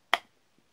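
A Mora fixed-blade knife is pushed into its plastic sheath and locks with a single sharp click at 0.1 s that fades quickly, followed by a faint tick near 0.6 s. The blade is seated and stays in place, giving a good audible click that can be felt.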